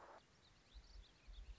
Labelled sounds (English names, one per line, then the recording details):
Warbling Vireo
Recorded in Sonoma County, California